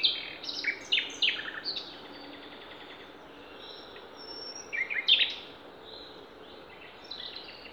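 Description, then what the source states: Songbird song of quick high twitters and tumbling phrases, loudest at the start and again midway, with softer calls in between. Songbirds singing in Demerje forest on 28 April 2020.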